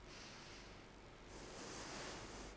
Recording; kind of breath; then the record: one breath in and out by a microphone near the nose and mouth; deep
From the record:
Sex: female